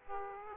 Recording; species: mosquito wingbeat signal from an infrared sensor; Aedes aegypti